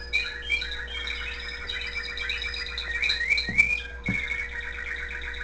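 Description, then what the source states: Canary warbling steadily with rolling trills and short rising whistles, a brief pause near the end before singing resumes. Owner's own canary singing, with background music playing.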